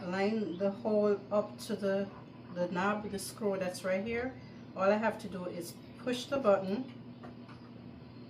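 Someone talks while handling a snowblower handle tube section, lining its locking hole up with the spring-loaded push-button on the mating tube and pressing the button. Nothing has seated or clicked yet; the button has not snapped into the hole.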